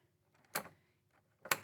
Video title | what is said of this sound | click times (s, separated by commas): How to Assemble, Install, and Use a Tub Transfer Bench (Updated 2026) | Make sure it clicks in. | 1.5 s